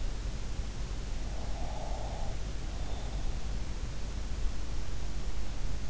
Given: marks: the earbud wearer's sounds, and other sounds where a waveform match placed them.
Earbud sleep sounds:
sounds in sleep by an in-ear microphone; breath
1.30-3.53 s: breath

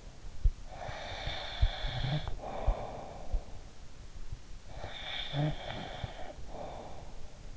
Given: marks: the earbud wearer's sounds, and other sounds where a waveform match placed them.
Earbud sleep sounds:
sounds in sleep by an in-ear microphone; snoring breath
0.39-3.72 s: snoring breath
4.68-7.57 s: snoring breath

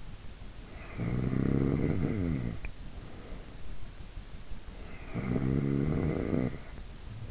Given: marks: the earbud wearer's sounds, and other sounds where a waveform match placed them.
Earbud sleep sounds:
sounds in sleep by an in-ear microphone; snoring breath
0.86-3.72 s: snoring breath
4.75-7.31 s: snoring breath

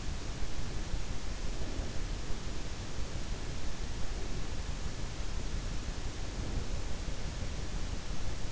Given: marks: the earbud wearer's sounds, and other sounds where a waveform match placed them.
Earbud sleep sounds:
sounds in sleep by an in-ear microphone; breath
1.33-2.41 s: breath

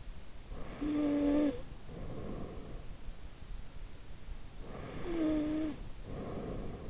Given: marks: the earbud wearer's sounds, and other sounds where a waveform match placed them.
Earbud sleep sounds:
sounds in sleep by an in-ear microphone; snoring breath
0.26-3.02 s: snoring breath
4.45-6.90 s: snoring breath

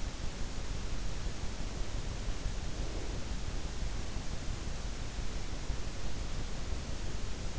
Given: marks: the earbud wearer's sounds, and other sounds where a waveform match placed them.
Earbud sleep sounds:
sounds in sleep by an in-ear microphone; breath
1.70-4.55 s: breath

